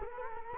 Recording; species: mosquito wingbeat signal from an infrared sensor; Culex quinquefasciatus